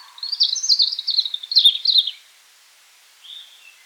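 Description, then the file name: European robin song: a rapid tumbling phrase of high twittering and trilled notes lasting about two seconds, then a soft thin note after a pause. "rotkehlchen"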